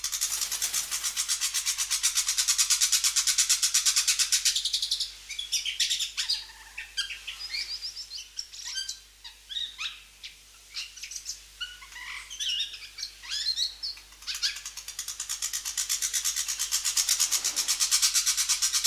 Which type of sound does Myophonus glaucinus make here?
song